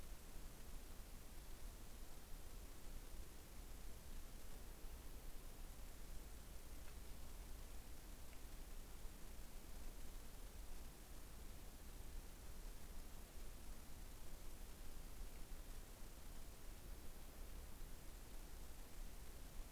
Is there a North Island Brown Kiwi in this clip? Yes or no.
no